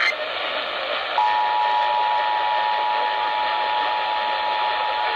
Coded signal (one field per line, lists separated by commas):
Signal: Emergency Alert System (SAME) tones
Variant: 853 and 960 Hz attention tone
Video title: New York City June 2021 RMT(EAS 995-999)